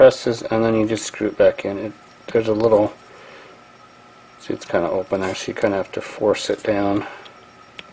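Someone talks while reassembling a plastic sprinkler nozzle, handling the plastic nozzle part and pressing it down into the nozzle assembly to screw it back in. Nothing has seated or clicked yet; the clip ends just before the part goes home.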